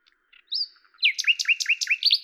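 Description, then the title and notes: Common nightingale singing a sharp whistled note, a brief pause, then a fast, repeated series of ringing, slurred chirps. Recorded at Lavours, France, on 10 May 1998 with a Tascam DAP-1 recorder and a Telinga microphone; edited in Samplitude 5.1. "D83, 01350 Lavours, France - rossignol à LAVOURS. 10/05/1998"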